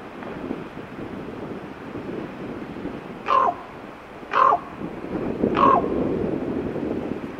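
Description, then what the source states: Common raven giving three harsh, hoarse croaking calls about a second apart, over background noise. Teller, Alaska.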